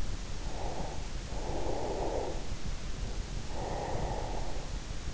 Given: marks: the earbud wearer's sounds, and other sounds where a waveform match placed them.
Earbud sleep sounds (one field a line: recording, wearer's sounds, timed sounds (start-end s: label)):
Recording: sounds in sleep by an in-ear microphone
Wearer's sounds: breath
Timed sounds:
0.48-4.90 s: breath